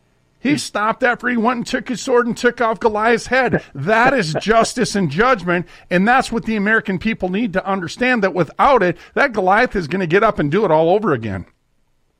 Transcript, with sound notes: He stopped after he went and took his sword and took off Goliath's head.
(laughs)
That is justice and judgment, and that's what the American people need to understand, that without it, that Goliath is gonna get up and do it all over again.